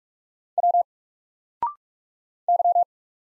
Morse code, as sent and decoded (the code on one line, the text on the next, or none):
.-- / -.--
W Y